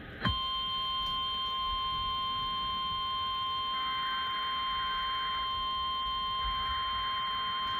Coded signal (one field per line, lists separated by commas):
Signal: Emergency Alert System (SAME) tones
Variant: 1050 Hz attention tone